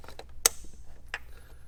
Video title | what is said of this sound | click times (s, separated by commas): J&L Oil Separator Co. 2018-2023 Ford Mustang GT Passenger Side Install 3024P | you'll hear the positive snap there, | 0.5 s